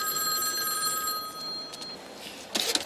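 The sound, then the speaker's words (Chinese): A public payphone in a phone booth rings as Simon calls again, a steady, high-pitched electronic trill, its bright tones sustained throughout, then a brief clattering burst near the end. No one speaks. “当他们回到警局时，西蒙又打来电话，他对发生的一切了如指掌，并且命令他们到达指定地点接受新的指令，而且又命令他们到达指定的电话亭”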